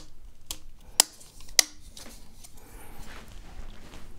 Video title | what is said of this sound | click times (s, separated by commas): Desktop Hard Drive Installation Tutorial - Western Digital Blue 4TB - Initialization - Benchmark | Just like that, it snapped into place, and let's | 1.0 s, 1.6 s